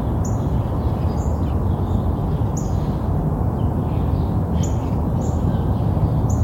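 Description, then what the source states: Birds chirping: quick, high chirps scattered through, over a dense background of traffic noise. Urban birds chirping with distant traffic.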